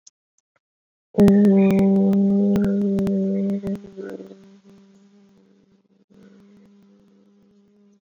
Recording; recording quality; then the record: sustained vowel as in boot; moderate, slight background noise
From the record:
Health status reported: exposed to COVID-19, no respiratory illness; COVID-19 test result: not tested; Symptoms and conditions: cough, breathing difficulty, fever, fatigue, muscle pain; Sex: female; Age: 25 years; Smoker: not ticked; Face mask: not worn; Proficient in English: yes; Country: India